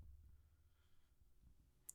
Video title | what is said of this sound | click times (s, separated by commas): zarfand Folding Cleaver Pocket Chef Knife Forged Steel | but it is quite hard you can hear it snapping into that position so | 1.9 s